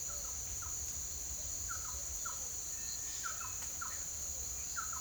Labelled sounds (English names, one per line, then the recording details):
Thrush-like Wren
Cinereous Tinamou
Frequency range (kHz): Thrush-like Wren 0.7-2.1 kHz; Cinereous Tinamou 1.6-2.3 kHz
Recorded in secondary vegetation near Puerto Asís, Putumayo, Colombia, on 24 June 2025
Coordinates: 0.488, -76.319
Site G094